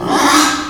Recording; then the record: squeal of a Yucatan mini pig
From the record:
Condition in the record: after surgery on the right vocal fold (resection and tissue-engineered implant); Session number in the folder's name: 3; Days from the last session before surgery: 33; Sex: male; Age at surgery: 12 weeks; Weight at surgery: 13 kg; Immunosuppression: cyclosporine, prednisolone